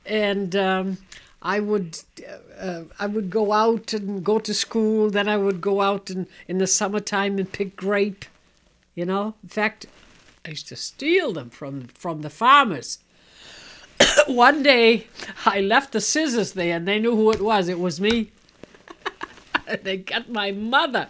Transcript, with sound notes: And I would go out and go to school, then I would go out in the summertime and pick grape, you know. In fact, I used to steal them from the farmers. ( she coughs ) One day I left the scissors there, they knew who it was. It was me. ( she laughs ) And they get my mother.